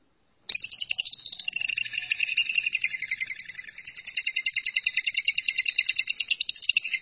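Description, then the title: Lovebird song: after a short silence, a continuous fast buzzy chatter of harsh high notes running unbroken for over six seconds. "BM Suara Burung Lovebird"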